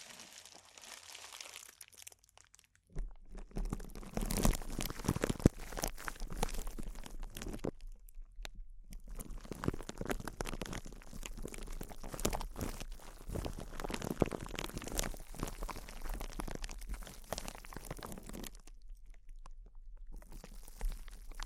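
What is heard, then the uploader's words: Intense crinkling of plastic or foil, starting after a quiet first three seconds and continuing as a dense, sharp crackling mass with frequent bright snaps. The crinkling stops briefly around eight seconds and again near nineteen, then resumes, with a low steady hum underneath. ASMR Intense Close-Up Crinkles (No Talking).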